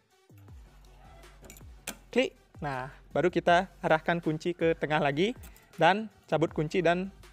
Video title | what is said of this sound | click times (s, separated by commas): MODIFIKASI NMAX 155 2018 -- Budget Pelajar | taruh seperti tadi sampai terdengar suara klik | 1.9 s